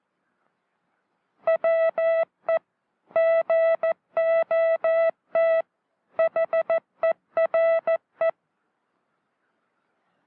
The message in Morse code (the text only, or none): WE GOT HERE